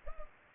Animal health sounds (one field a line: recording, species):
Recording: mosquito wingbeat signal from an infrared sensor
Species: Culex pipiens